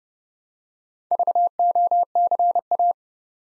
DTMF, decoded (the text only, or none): none